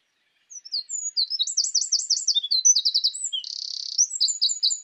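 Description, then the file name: Eurasian wren song, a loud, high, rapid outpouring of sharp notes and fast rattling trills, including a dry buzzy trill in its second half, with no other sounds. "Troglodytes troglodytes"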